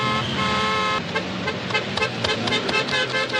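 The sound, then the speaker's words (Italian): A long, steady car horn blares for about a second, then gives way to loud, dense traffic-jam noise with short bursts of further honking and rumbling engines, from the film L'ingorgo with Alberto Sordi. “Suona, suona!”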